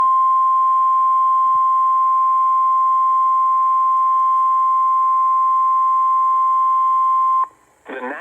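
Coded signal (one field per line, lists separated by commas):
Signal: Emergency Alert System (SAME) tones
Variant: 1050 Hz attention tone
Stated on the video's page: Special marine warning and severe thunderstorm warning from the Milwaukee/Sullivan office, heard back-to-back via online NOAA Weather Radio stream.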